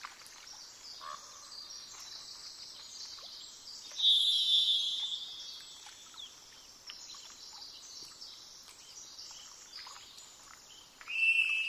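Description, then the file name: Varied thrush song: a high, slightly quavering held whistle, then a lower sustained note near the end, over persistent hiss and faint chirps. "jh-040427-variedthrush"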